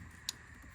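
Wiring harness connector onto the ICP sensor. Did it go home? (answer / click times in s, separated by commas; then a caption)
yes / 0.3 s. A wiring harness electrical connector is pushed onto the ICP sensor on a Ford 6.0 Powerstroke diesel engine during a rebuild. One short, sharp click sounds at 0.3 s over a quiet, steady background hum. The connector is seated and on.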